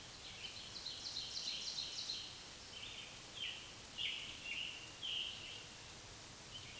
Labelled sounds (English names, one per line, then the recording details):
Scarlet Tanager song
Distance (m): 45 m
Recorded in a Pennsylvania forest on 1 June 2023 at 08:07
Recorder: AudioMoth, point grid3_18_high
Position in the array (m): 164 m, 140 m